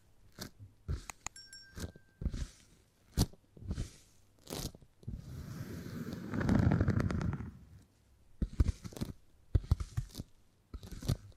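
Crackly tapping and handling sounds made with beeswax come in sharp, uneven bursts. A smoother crinkling, rubbing stretch runs from about five to eight seconds, growing louder near its end, before the quick clicky taps return. A brief faint tone appears near the start.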